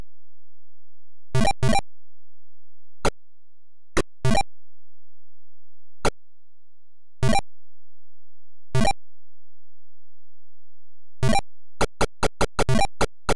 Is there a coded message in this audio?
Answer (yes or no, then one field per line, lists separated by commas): no